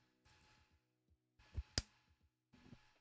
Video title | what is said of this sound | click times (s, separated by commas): LEGO Technic PEUGEOT 9X8 24H Le Mans Hybrid Hypercar Unboxing and Build Day One! | I guess we've all heard the click, right? | 1.8 s